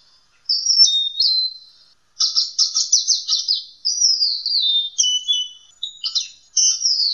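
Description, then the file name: Lory song of high whistled notes, some sliding downward, given in bursts with short pauses and a few rapid trilled phrases. "nuri tanau omkicau"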